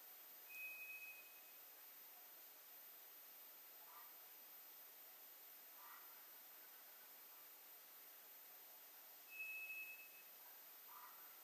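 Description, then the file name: White's thrush song: two eerie, level high whistles about nine seconds apart, over steady hiss. Recorded 2 July 2007. "toratugumi-20070702"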